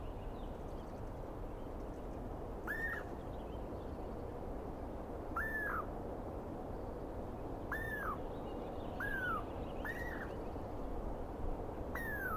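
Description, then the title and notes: Douglas squirrel giving scattered short, arched squeals that rise then drop, six spaced across the stretch over a quiet outdoor background. Wild Douglas Pine Squirrel, identified by sound, screaming at length at dawn on the morning of 21 April 2017 in the East Cascades. "On the morning of 21 April, 2017, I set up my microphones and recorder for a nice dawn recording in the East Cascades. I was started awake by a screaming Douglas Pine Squirrel."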